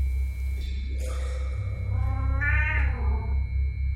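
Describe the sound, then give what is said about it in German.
A cat gives a drawn-out, wavering meow that rises and falls in pitch, preceded by a shorter mewing call, over a steady low hum. “Die Katze ist zurückgekommen.”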